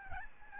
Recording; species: mosquito wingbeat signal from an infrared sensor; Aedes albopictus